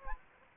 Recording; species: mosquito wingbeat signal from an infrared sensor; Anopheles gambiae